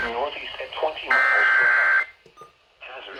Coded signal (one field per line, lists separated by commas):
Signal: Emergency Alert System (SAME) tones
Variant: header bursts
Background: speech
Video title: MORE STORMS?! EAS Alerts from 8/13/21 (EAS #651-672)